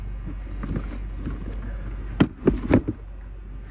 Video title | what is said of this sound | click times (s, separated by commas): JZX100 GE TO GTE SWAP ( PART 6 ) HANDBRAKE CONVERSION | There we go. You guys heard the click, but it just unhooks right here. | 2.2 s